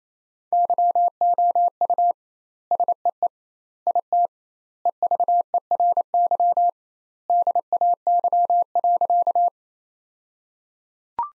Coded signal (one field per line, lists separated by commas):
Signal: Morse code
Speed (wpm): 28 wpm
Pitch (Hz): 700 Hz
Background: none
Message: YOU SEE IT EVERY DAY.